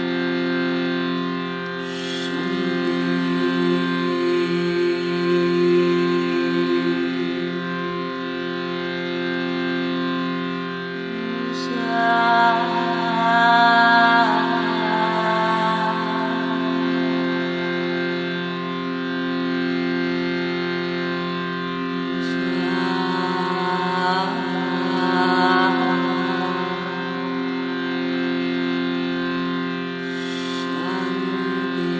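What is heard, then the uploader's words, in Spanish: Meditation with singing bowls and a shruti box: a steady droning chord holds throughout, with soft strikes ringing out near 2, 12, 22 and 31 seconds. Meditación con cuencos. Gongs, caja de shruti, canto y Koshi.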